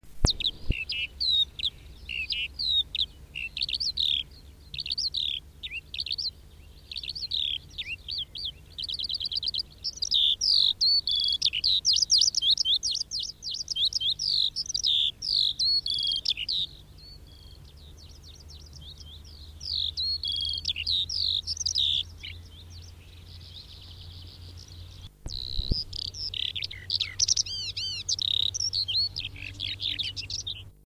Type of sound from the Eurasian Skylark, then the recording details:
song. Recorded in the wild. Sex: male. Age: adult. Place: Röttenbach, Bayern, DE. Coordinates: 49.665, 10.9544. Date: 1964-06-27. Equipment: Original, Vollspur. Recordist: Tretzel, Erwin. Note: Röttenbach A: Feldlerche: Würger-Vorbild